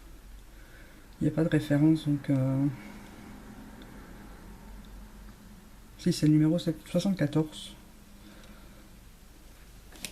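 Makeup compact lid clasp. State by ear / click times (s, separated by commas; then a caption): released / 10.1 s. Someone talks in two bursts over a quiet background. At 10.1 s, the clasp of a makeup compact lid is opened and clicks open with a single small, sharp click.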